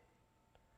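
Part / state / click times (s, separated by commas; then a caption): wire connector into LED light lead plug / not seated / none. A plastic light-wire connector is pushed into an LED light lead plug during an Eachine AR Wing Pro SE build, but it fails to click and nothing has seated yet. Only a faint, soft bump around 0.55 s rises over a steady low hum and a constant tone.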